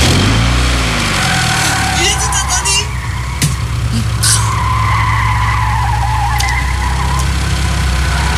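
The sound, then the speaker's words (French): Tires of a yellow, 2-metre-wide Lamborghini Murcielago sports car squeal in a loud, sustained skid over a deep, roaring engine rumble, with sharp higher-pitched screeches cutting in and out throughout. “Elle est jaune, elle fait 2 mètres de large et un boucan de tous les diables.”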